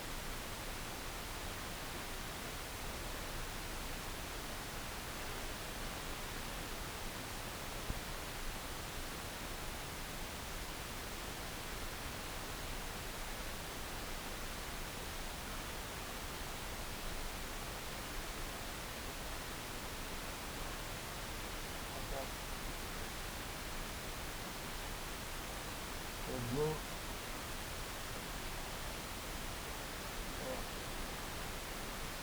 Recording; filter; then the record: brain microelectrode recording played as sound; wide band, above 20 Hz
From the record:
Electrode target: subthalamic nucleus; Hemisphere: left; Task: reaching with the right hand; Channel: 2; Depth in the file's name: 0.251 mm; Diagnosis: Parkinson's disease